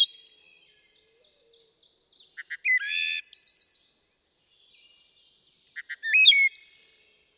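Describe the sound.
Wood thrush singing: the end of one phrase, then two phrases, each opening with soft pip notes, then a flute-like middle and a high shimmering trill; faint high twittering between phrases.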